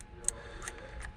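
A crimped terminal pin, pin five, is pushed into its cavity in a plastic connector housing during an E85 flex sensor install with a Ztronics module on an A90 Toyota Supra. A sharp, bright click at 0.3 s marks the pin seating, followed by fainter ticks at 0.7 s and 1.1 s over a low background hum. The pin is seated.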